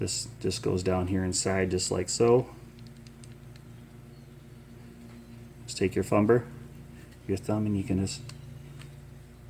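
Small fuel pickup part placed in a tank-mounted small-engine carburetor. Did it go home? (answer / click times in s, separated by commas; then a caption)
no / none. A small fuel pickup part is set down inside the body of a tank-mounted Briggs and Stratton small-engine carburetor, ready to be pressed in by thumb. Someone talks, with faint light handling ticks around 2.8–3.6 s and 8.8 s over a steady low hum. Nothing has seated or clicked yet.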